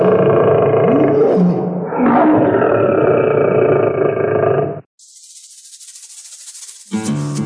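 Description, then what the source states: Lion roaring, a deep, harmonic, growling roar lasting about five seconds before cutting off. Male lion at the San Diego Zoo roaring after the recordist accidentally came within about a foot of him; lions roar when angry or agitated, and the roars echo throughout the zoo.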